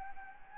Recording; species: mosquito wingbeat signal from an infrared sensor; Anopheles gambiae